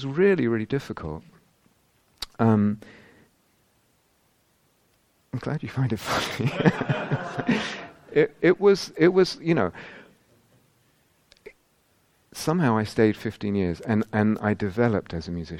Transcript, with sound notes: It was really, really difficult. I'm glad you find it funny. [laughter] Somehow I stayed fifteen years, and I developed as a musician.